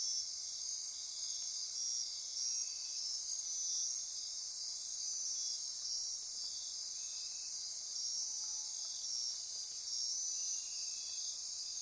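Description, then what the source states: Insects in a continuous chorus of high, shrill trills and buzzes, with soft intermittent lower chirps at irregular intervals. Insect chorus recorded at midnight near Corcovado.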